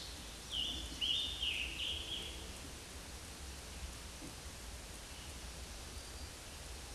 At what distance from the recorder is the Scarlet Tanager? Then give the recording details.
about 35 m. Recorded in a Pennsylvania forest on 19 May 2023 at 10:51. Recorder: AudioMoth, point grid1_6_low. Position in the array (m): 168 m, 65 m